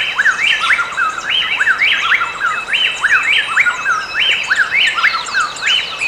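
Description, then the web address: Plain-tailed wren song: fast, rhythmic chorus of loud whistled phrases, each rising then dropping, tumbling over one another without pause, with a thin high hiss behind. Recorded in Ecuador. "S America Birds of Ecuador. Plain-Tailed Wren"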